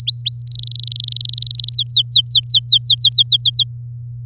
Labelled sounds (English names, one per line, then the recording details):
Domestic Canary song
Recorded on 9 May 2018 at 06:07
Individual llb16